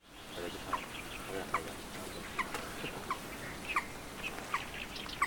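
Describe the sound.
Bird calls: several short sharp notes repeated about every three-quarters of a second over a steady hiss.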